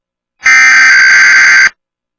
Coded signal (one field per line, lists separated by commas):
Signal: Emergency Alert System (SAME) tones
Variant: header bursts